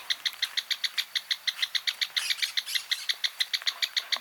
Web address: sound great-xenops. صدای-پرنده-درفش-نوک-بزرگ